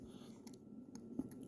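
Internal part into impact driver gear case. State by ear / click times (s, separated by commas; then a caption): not seated / none. An internal part is handled and turned in the gear case of a Milwaukee M12 3/8 impact driver while its correct orientation is still unclear. Only a few faint, light taps are heard against a low background hum. The part has not been pushed home and nothing has seated or clicked yet.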